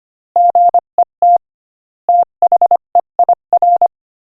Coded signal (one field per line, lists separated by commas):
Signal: Morse code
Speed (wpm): 24 wpm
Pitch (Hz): 700 Hz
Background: none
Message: GET THEIR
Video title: Morse Code Practice: 25 wpm Joke #21